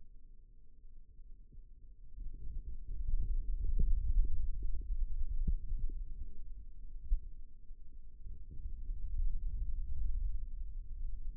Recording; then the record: forearm muscle sounds (acoustic myography)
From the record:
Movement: radial deviation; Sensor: system 2, bracelet of six BSWA MPA416 microphones around the upper forearm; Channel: 3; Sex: male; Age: 22 years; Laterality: right